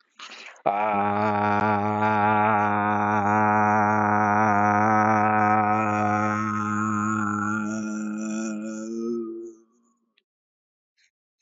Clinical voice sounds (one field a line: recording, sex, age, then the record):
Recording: vowel held as long as possible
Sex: male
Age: 30 to 39 years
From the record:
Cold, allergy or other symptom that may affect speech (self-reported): no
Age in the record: 37 years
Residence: Missouri, United States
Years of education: 16